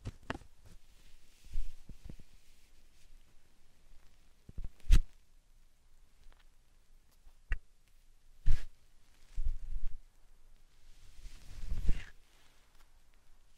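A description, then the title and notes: Slime and sand being handled in short, separate bursts: soft squishes, crunchy scrapes and a few sharp clicks, with quiet pauses between. Sounds arrive irregularly, a couple every few seconds, the loudest near five, eight and twelve seconds, some with a low thump. Satisfying Slime Sand Triggers.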